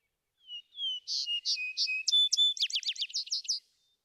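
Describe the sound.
Vesper sparrow song of two low whistles, a string of ringing higher notes, and a fast, even trill of slurred notes that stops abruptly.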